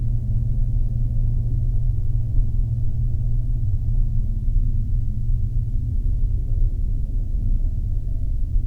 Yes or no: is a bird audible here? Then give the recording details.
no. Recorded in the Arctic National Wildlife Refuge, Alaska, on 3 September 2019 at 14:42. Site 48